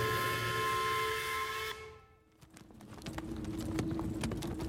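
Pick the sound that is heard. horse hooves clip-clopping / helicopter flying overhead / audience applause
horse hooves clip-clopping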